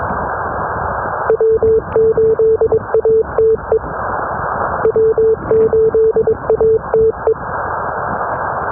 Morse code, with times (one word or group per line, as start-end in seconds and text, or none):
1.3-3.8 W8ATE
4.8-7.3 W8ATE